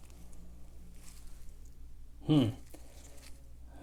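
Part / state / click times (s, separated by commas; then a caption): plastic handle scales onto pocket knife frame / not seated / none. New plastic Plus scales are pushed onto the frame of a Victorinox Swiss Army Knife multitool, with a short, louder burst of pressing and rubbing around 2.3–2.5 s against a low hum. Someone talks at the start. The scales sit on the frame, but nothing has snapped or clicked into place yet.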